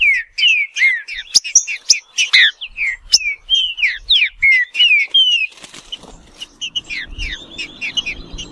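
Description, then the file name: Green-winged saltator singing quick, varied whistled chirps that fall in pitch, with sharp clicks; a low hum and hiss join in the last few seconds. "canto do trinca ferro"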